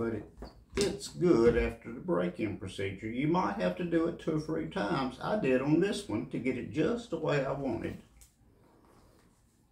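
Someone talks for most of the clip while handling a Craft leather shoulder holster with an empty pistol and its thumb-strap snap. The talk stops at about 8 s, followed by a short, quiet stretch with faint handling noise. Nothing has seated or snapped closed yet.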